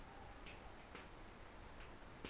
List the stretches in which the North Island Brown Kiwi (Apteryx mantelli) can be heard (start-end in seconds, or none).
none